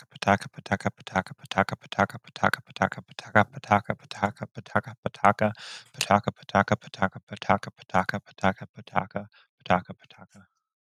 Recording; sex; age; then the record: repeated syllables /pa ta ka/; male; 20 to 29 years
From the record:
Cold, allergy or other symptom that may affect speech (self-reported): no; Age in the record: 29 years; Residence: Florida, United States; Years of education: 17